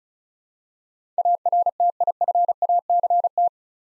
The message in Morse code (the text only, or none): ARTIFACT